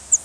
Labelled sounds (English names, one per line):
Northern Parula flight call